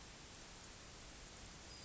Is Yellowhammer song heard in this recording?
no